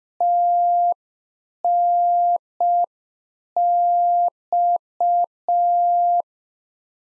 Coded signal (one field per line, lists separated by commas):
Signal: Morse code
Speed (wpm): 5 wpm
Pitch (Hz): 700 Hz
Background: none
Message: TNX